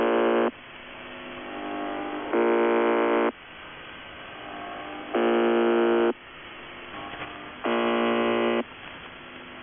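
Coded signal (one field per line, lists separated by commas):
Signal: channel marker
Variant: UVB-76 (The Buzzer)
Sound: harsh low buzz about one second long, repeating every 2.6 seconds, four to five times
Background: radio static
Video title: [UVB-76, The Buzzer] 1 Day, 5 Breakdowns; 10. June 2020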